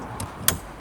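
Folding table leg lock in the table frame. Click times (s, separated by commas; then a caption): 0.5 s. A folding camping table leg lock clicks into place in the table frame at 0.5 s with a sharp, loud snap, confirming the leg is locked. Fainter clicks come at 0.2 s and 0.8 s.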